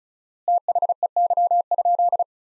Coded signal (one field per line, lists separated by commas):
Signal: Morse code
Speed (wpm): 34 wpm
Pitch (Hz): 700 Hz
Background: none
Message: THEY?